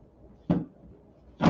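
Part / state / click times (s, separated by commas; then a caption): access door controller into wall mounting housing / seated / 0.5 s. An access door controller is turned to the right with a plastic installation tool placed over its faceplate, twist-locking it into its wall mounting housing. A sharp click at 0.5 s marks it seating and locking in, followed by a louder, longer burst of noise at about 1.4 s that runs to the end. The controller is confirmed locked into the wall housing.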